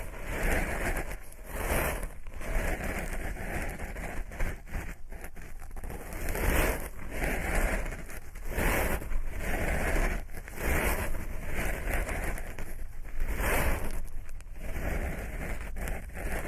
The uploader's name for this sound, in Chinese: 掏耳无人声